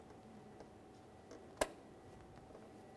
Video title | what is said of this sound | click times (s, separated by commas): How to Replace Camshaft Position Sensor 2002-2005 Ford Explorer | there's our click i'm going to give it a tug and then i'm going to give it a look to make sure the clip's properly installed | 1.6 s